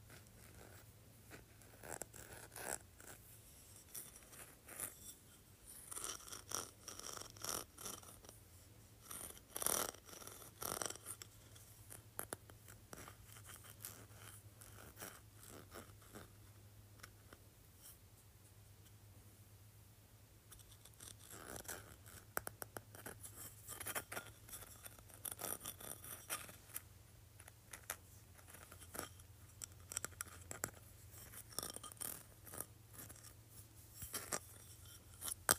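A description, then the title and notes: A large textured sea shell is scraped and handled in dense, crackling bursts, easing off around twenty seconds, over a steady low hum. ASMR Large Textured Sea Shell.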